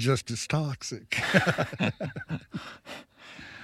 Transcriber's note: laughs